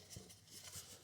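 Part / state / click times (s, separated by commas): plastic engine cover onto its mounting clips / not seated / none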